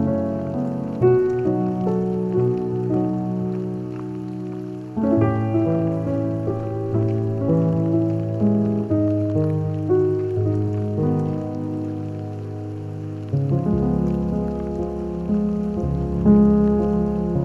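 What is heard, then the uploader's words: Rain falls on a rainy early spring morning on the Oregon Coast, a steady wash with a held, humming low tone beneath it. That tone shifts abruptly near five seconds and again near thirteen, while the overall loudness stays fairly even throughout. Hike out to Cascade Head on the Oregon Coast on a rainy early Spring morning.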